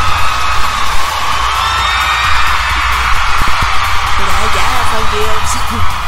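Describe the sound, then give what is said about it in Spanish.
A crowd claps and cheers in a steady, dense wash of applause for about six seconds, with whoops and shouted cheers rising over it in the second half. “Es más, aplauso. Ovación al toquillo.”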